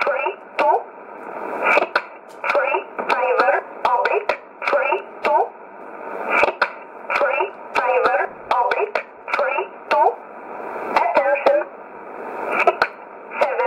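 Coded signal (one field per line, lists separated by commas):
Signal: numbers station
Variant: E11 Oblique, English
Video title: 25 10 2019 E11 Oblique Numbers station in English 0717 on 9963 unknown tx site in USB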